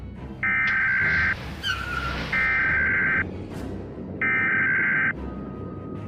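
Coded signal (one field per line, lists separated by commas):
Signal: Emergency Alert System (SAME) tones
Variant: header bursts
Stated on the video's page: Simulated nuclear strike alert on a fictional network.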